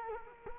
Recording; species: mosquito wingbeat signal from an infrared sensor; Culex quinquefasciatus